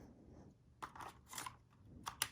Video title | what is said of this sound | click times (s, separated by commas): DJI Mavic Mini Bundle Unboxing: Costco Bundle! | Clicks into place. | 2.2 s